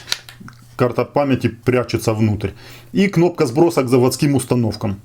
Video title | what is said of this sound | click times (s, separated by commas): Мини ICSEE XMEYE Wifi камера со слежением,определяет человека. | it snaps into place, this is how the memory | 0.1 s